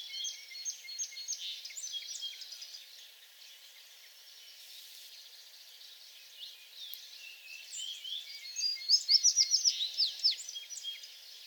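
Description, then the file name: American tree sparrow: a quick run of sweet, repeated notes late, over a softer background of other birds chirping and twittering. Recorded on 28 April 2022; several songs. "2022-04-28 American Tree Sparrow songs"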